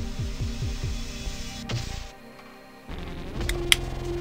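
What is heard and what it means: A metal focus helicoid ring on a disassembled Nikon 28mm E Series lens is turned in the lens barrel threads, with a steady hum and throbbing rumble underneath. The ring pops into the next thread start with a sharp click at 3.7 s, seating it in the new set of threads.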